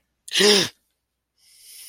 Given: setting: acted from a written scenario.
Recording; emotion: vocal sound without words; fear